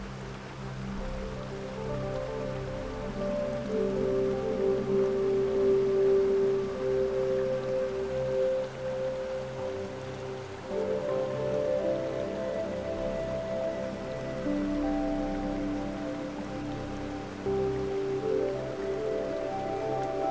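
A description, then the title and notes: Soft, sustained music drifts over a steady wash of falling water, the notes holding long and changing slowly in the low and middle range. The water noise stays even throughout, with a brief dip near the ten-second mark. Enchanted Waterfall & Relaxing Music In A Picturesque Forest. You hear the soothing and captivating melody of a mesmerizing, crystal-clear waterfall.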